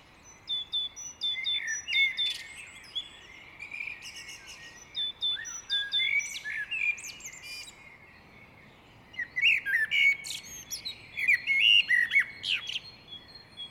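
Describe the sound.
Great tit calls: busy chattering of sharp chirps and clicks, a quieter stretch midway, then another lively burst of mixed high notes.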